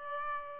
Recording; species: mosquito wingbeat signal from an infrared sensor; Aedes albopictus